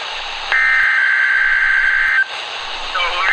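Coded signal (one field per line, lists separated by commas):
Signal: Emergency Alert System (SAME) tones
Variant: header bursts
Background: speech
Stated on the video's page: Fictional EAS scenario.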